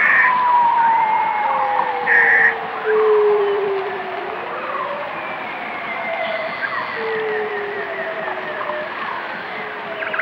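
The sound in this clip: Whale song: long gliding moans and higher whistles overlap, slowly rising and falling, with a few brief bright squeals early on and a steady hiss underneath.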